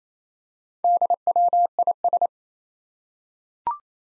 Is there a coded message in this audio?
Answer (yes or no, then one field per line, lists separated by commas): yes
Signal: Morse code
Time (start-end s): 0.8-2.3 s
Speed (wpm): 27 wpm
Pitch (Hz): 700 Hz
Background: none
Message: DWIS